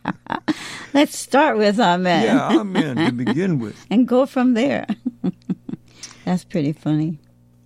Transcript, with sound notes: Let's start with Amen.
Yeah, Amen to begin with.
(laughs) And go from there. (laughs) That's pretty funny.